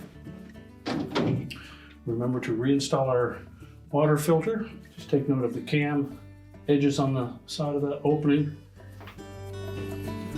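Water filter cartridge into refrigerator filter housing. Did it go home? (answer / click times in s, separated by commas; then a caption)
no / none. A refrigerator water filter cartridge is lined up with the cam edges on the side of the filter housing opening, before being pushed in and twisted to lock. Someone talks over background music, with light handling thumps near 0.5 and 1.5 seconds. Nothing has seated or clicked yet.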